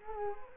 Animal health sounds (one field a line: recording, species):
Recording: mosquito wingbeat signal from an infrared sensor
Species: Culex quinquefasciatus